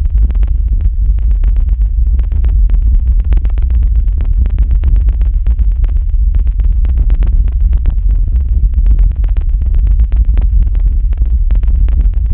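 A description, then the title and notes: Shortwave radio noise with a heavy, constant low rumble filling the bottom and nothing above the upper mids. Dense crackles and static bursts flicker through it rapidly and irregularly for the full twelve seconds, while the overall level stays flat and steady. Found this recording of me playing a shortwave radio website awhile back. Did some parallel compression.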